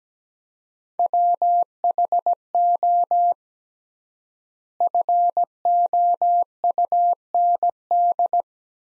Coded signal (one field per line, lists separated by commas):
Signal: Morse code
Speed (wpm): 17 wpm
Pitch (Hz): 700 Hz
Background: none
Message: WHO FOUND